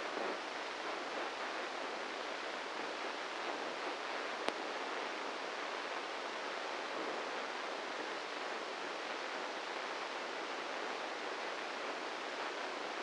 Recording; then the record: brain microelectrode recording played as sound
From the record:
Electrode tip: inside the subthalamic nucleus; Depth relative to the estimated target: -2 mm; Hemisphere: right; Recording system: NeuroSet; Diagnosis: Parkinson's disease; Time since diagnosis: 8 years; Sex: male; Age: 58 years